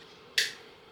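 A disposable cleaning-pad refill is pushed onto the hole at the bottom of a plastic toilet wand. It snaps on with a single sharp, bright click at 0.4 s, then a quick fade, and the refill is confirmed seated on the wand.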